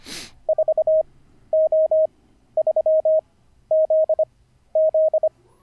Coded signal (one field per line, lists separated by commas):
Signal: Morse code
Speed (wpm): 25 wpm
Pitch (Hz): 630 Hz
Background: none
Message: 4O3ZZ